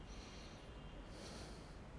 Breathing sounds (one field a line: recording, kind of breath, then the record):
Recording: one breath in and out by a microphone near the nose and mouth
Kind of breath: deep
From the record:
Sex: male